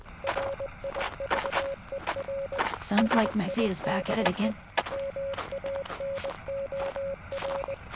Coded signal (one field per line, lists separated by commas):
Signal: Morse code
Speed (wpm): 20 wpm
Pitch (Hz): 550 Hz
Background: speech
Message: RIVER SIDE MANOR